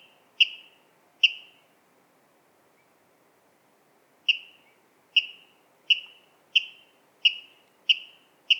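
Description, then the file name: Water rail giving sharp, clipped notes with a short falling tail, two calls, a pause of about three seconds, then a steady series of seven. "Waterral Rallus aquaticus"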